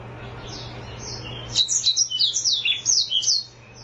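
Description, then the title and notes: Oriental magpie-robin song, a fast string of bright, descending high whistles and chirps lasting about two seconds, with a low steady hum. "Kicau Kacer. manukmanukan"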